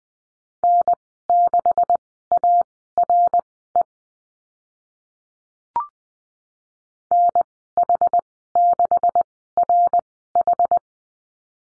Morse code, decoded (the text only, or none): N6ARE NH6RH